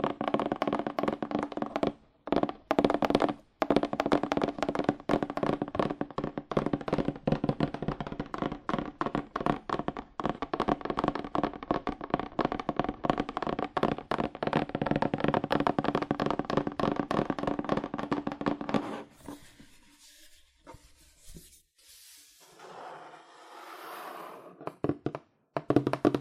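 Fast, aggressive tapping on cardboard runs in a dense, rapid stream of sharp hollow taps for about nineteen seconds, broken by two brief pauses near two and three seconds. After that it thins into sparse, scattered taps and softer rustling with quiet gaps until the end.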